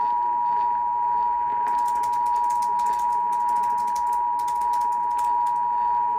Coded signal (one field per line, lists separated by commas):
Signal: Emergency Alert System (SAME) tones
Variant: 853 and 960 Hz attention tone